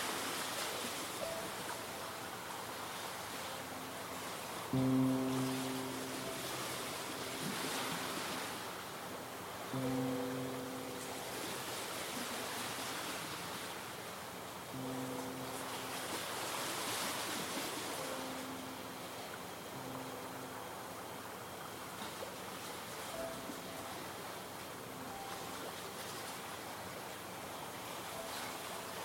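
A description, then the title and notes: Light waves wash in a steady, dense hiss that swells gently now and then. A low, droning tone with a few stacked pitches cuts in at regular intervals, around every five seconds, strongest near 5 and 10 seconds, then fading into the surf. Lake Superior. Light waves.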